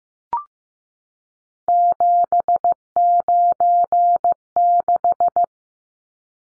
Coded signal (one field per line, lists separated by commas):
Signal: Morse code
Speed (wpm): 15 wpm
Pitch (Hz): 700 Hz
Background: none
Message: 796